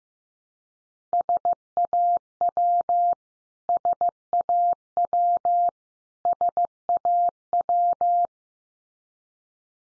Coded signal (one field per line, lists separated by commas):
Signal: Morse code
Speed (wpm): 15 wpm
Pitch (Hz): 700 Hz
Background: none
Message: SAW SAW SAW